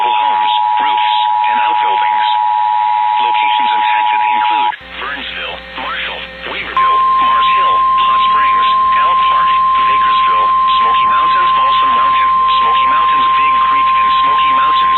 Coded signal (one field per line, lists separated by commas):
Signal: Emergency Alert System (SAME) tones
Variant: 853 and 960 Hz attention tone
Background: speech, music